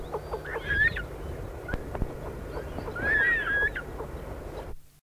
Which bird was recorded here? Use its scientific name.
Anas capensis